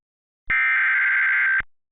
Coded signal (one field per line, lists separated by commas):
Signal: Emergency Alert System (SAME) tones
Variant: header bursts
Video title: EAS - Chaos On Black Friday